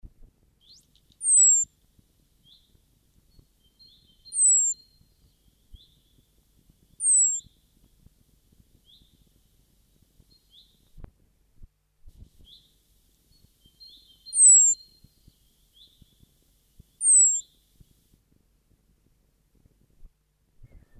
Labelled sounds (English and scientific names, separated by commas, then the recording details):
Common Blackbird (Turdus merula) call
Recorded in the wild
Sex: male
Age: adult
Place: Garmisch-Partenkirchen, Bayern, DE
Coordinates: 47.4931, 11.0725
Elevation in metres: 711
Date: 1971-04-09
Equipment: Nagra IV, Sennheiser MKH 405, Parabolreflektor
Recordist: Tretzel, Erwin